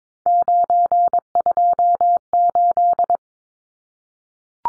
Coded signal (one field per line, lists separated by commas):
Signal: Morse code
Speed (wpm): 22 wpm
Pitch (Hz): 700 Hz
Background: none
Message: 928